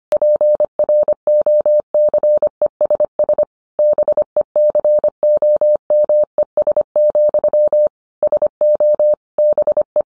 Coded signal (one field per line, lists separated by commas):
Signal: Morse code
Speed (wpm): 25 wpm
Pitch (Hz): 600 Hz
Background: none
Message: PROCESS BECOMES, SO BE